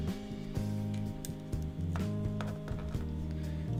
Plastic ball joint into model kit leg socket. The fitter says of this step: That one I don't feel like that popped into place entirely, yeah. Didn't hear that pop when putting in the ball joint.